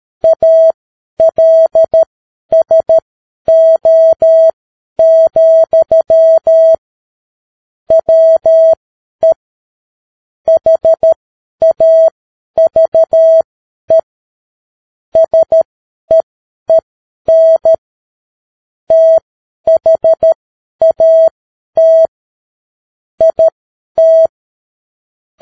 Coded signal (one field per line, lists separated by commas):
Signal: Morse code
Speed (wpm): 13 wpm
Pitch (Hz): 650 Hz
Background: none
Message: ALSO, WE HAVE SEEN THAT IT